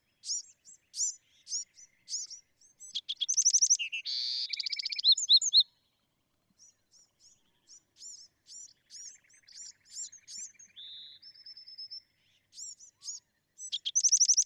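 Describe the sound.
Bewick's wren singing repeatedly: clusters of high chips, a loud buzzy trilled phrase, a pause, then softer chips, a thin whistle and another burst.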